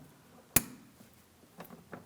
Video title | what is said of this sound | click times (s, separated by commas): How to Replace Fog Lamp Assemblies 2007-2014 Ford Edge | Let's line it up, press it in, listen for a click from that. | 0.6 s